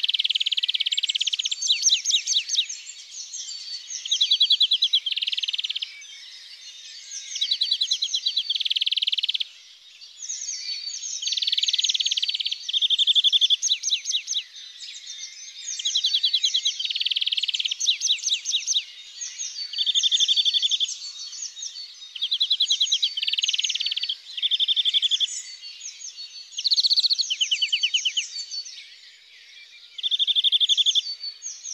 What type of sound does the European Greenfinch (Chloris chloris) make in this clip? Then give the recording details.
song. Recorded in the wild. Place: Freiburg im Breisgau / Lehen, Baden-Württemberg, DE. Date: 2002-04-20. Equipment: MiniDisc Sharp MT 20 H. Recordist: Schwarz, Dieter